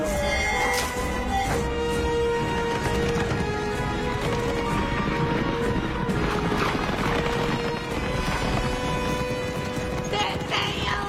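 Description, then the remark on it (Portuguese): Horses gallop hard, their rapid, heavy hoofbeats pounding steadily and loudly through the whole stretch, mixed with clattering noise and faint, indistinct voices. “Os cavalos, corre!”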